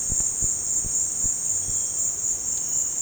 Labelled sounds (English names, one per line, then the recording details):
none
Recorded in dense forest near Puerto Asís, Putumayo, Colombia, on 22 December 2024 at 16:00
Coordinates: 0.466, -76.327
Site G075